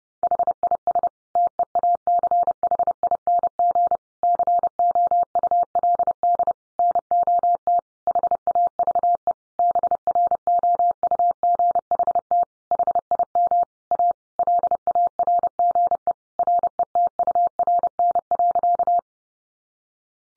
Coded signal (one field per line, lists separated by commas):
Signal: Morse code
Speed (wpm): 30 wpm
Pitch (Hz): 700 Hz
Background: none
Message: HIS TEACHING COULD NOT HAVE BROUGHT HIM A LARGE RETURN.